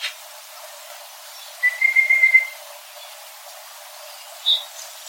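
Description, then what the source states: Red-browed Pardalote call: a thin, high, slightly trilled whistle held for about a second, with a brief chip later. Two birds calling in trees along a creek bank at Yarraden, northwest of Cooktown, Queensland, Australia, on Lama Lama country.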